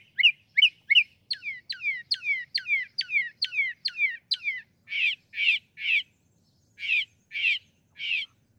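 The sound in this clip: Northern mockingbird song: a run of descending slurred whistles repeated rapidly, then a change to rougher, buzzy notes given in a slower series.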